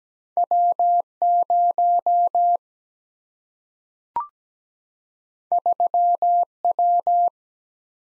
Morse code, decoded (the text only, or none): W 0 3 W